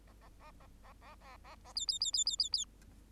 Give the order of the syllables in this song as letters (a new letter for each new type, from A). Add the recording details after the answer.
A A A A A A A A A B B B B B B B. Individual Bird8